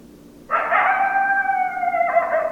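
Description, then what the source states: Coyote howl, one sustained tonal note with strong harmonics that holds level, then drops abruptly into a brief broken ending. Recorded 10 December 2012; coyotes, plural.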